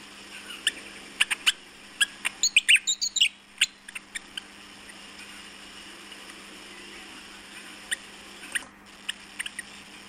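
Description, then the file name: Willie wagtail song: a quick run of sharp, bright chirped notes over the first few seconds, then scattered single notes, with a steady faint hum underneath. "Willy Wagtail"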